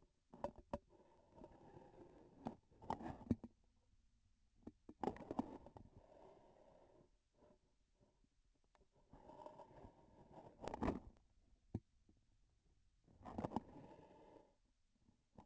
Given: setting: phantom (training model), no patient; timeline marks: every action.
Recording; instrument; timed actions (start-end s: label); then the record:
laparoscopic instrument, vibration sensor on the handle end; grasping forceps
2.71-3.61 s: grasping tissue
4.96-5.84 s: releasing tissue
10.54-11.28 s: grasping tissue
13.00-13.72 s: releasing tissue
From the record:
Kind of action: gesture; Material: synthetic tissue